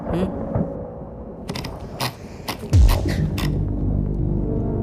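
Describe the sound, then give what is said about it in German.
Low rumbling thunder from a thunderstorm rolls in partway through and swells into a loud, sustained boom, with a few sharp clicks and creaks scattered before it. “Aber weil es gewittert und ich mich fürchte, trinken wir ein.”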